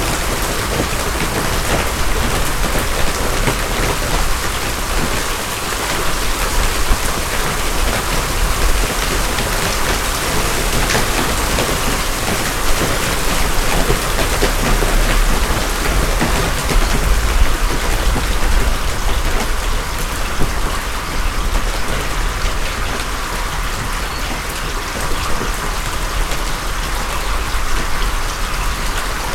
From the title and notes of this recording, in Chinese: 冰雹轉晴。